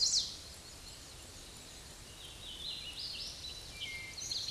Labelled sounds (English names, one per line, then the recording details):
Hooded Warbler song
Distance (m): 40 m
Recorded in a Pennsylvania forest on 18 May 2023 at 05:50
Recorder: AudioMoth, point grid1_20_low
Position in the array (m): 55 m, 188 m